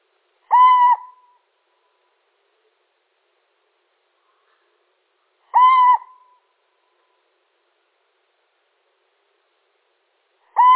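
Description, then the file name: Little owl repeating a short, even-pitched hoot roughly every five seconds, three calls heard against complete quiet. Male. "Sycek obecny samec"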